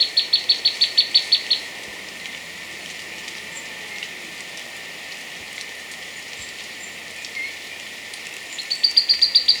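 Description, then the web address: White-throated tyrannulet giving quick trilled bursts of bright high notes, one at the start and another at the end, with quiet hissy background and faint chirps between. Recorded in Ecuador. "Birds of Ecuador 2. White-Throated Tyrannulet"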